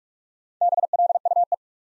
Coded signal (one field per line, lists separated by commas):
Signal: Morse code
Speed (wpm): 44 wpm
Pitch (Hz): 700 Hz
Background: none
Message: BLUE